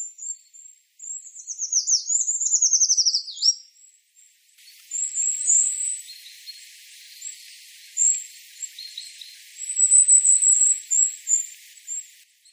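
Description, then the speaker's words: Eurasian treecreeper: a very high, thin trill of quick notes descending in steps, then scattered very high thin calls over a soft hiss. Played as an example; described as a more sniffly sound than the short-toed treecreeper; its song has a stable, distinct melodic contour used in holding territory and choosing mates. "de hát a hegyi fakusz az egy kicsit ilyen szipogósabb hangot ad."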